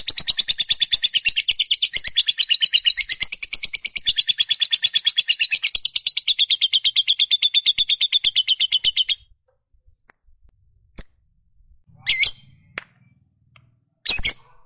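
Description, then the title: Lovebird call: a long, fast, pulsing chatter lasting about nine seconds, then quiet, with a few sharp chirps and rasping notes at the end. Fighter-type lovebird giving a long chattering call (ngekek panjang). "Begitu Dengar Suara Lovebird FIGHTER NGEKEK PANJANG"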